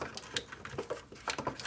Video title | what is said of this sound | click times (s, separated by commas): Transformers Review: Civil Warrior CW-01 General Grant // P4L Reviews | then we're gonna squeeze down you'll hear a click when you get it down there we go | 0.4 s